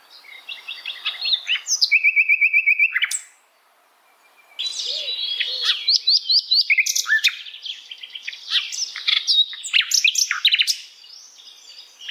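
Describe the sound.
Bird sings a quick trill of repeated notes, falls silent briefly, then pours out a long stream of rapid, varied chirps and sharp twitters.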